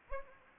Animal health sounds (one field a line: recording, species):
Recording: mosquito wingbeat signal from an infrared sensor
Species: Anopheles gambiae